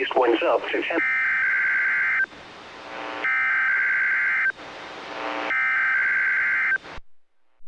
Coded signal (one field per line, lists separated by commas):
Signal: Emergency Alert System (SAME) tones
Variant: header bursts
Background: speech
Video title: EAS Capture #19-20 - Final RWTs of the year.